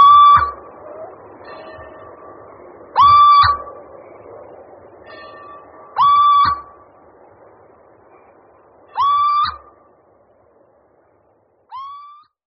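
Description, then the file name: Little owl uttering clear, upslurred whistled notes roughly every three seconds, with softer notes in between. "Sýček obecný"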